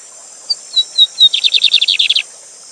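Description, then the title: Lined seedeater singing four thin, clear high notes, then a rapid rattling buzzy trill lasting about a second, with a constant rushing water hiss behind. Teacher song for training, bird singing live with a waterfall sound in the recording. "Bigode Gavião Negro Professor De Canto Cantando Ao Vivo Com Cascata"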